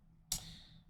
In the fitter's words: clicky enough for me i heard a dick